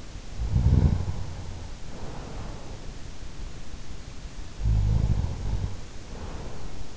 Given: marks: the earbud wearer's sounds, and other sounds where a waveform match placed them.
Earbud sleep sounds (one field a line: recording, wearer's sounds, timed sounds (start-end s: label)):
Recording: sounds in sleep by an in-ear microphone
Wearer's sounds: snoring breath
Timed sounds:
0.25-2.68 s: snoring breath
4.46-6.97 s: snoring breath